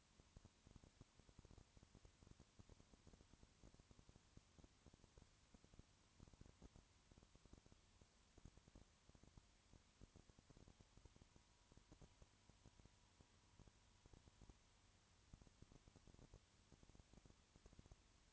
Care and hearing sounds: daily activity, microphone in the room; no activity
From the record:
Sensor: 3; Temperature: 20.5 degrees Celsius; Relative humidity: 34.6%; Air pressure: 1001.0 hPa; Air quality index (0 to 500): 195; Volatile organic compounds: 6 ppm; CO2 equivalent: 1859 ppm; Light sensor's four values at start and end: 2/3/2/2 and 2/3/2/2

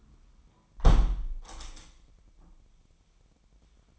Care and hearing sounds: daily activity, microphone in the room; close window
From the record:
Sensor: 1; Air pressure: 997.9 hPa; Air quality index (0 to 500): 131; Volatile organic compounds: 4 ppm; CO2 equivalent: 1564 ppm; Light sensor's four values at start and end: 17/56/23/23 and 17/56/23/23

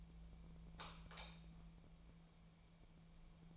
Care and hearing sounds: daily activity, microphone in the room; light off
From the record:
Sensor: 1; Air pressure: 1000.0 hPa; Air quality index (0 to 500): 130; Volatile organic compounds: 2 ppm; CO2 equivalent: 1231 ppm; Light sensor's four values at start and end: 28/77/31/36 and 24/61/25/30

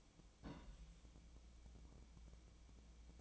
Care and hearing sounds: daily activity, microphone in the room; place on stove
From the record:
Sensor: 1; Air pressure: 1009.9 hPa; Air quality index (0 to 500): 188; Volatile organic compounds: 17 ppm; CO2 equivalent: 2579 ppm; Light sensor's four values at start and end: 37/94/40/48 and 38/96/40/49

